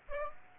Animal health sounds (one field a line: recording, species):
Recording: mosquito wingbeat signal from an infrared sensor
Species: Aedes aegypti